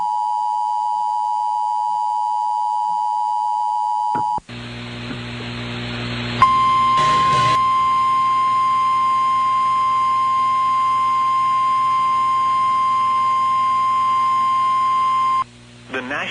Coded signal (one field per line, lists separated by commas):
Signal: Emergency Alert System (SAME) tones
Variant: 853 and 960 Hz attention tone